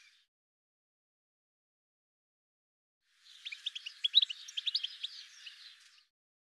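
Bird chirping softly: after three seconds of quiet, a short burst of rapid high chirps lasting nearly three seconds.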